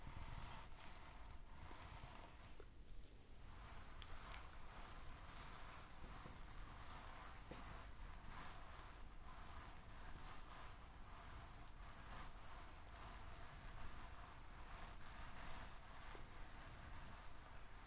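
Hair brushing during a scalp massage, a continuous dense scratching and rustling that stays steady for the whole stretch. Quick bristle strokes repeat without pause, with occasional brighter crackles around seconds three and eight, and a faint low murmur underneath.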